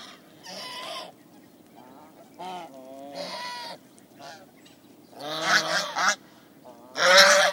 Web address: BBC. swan geese calls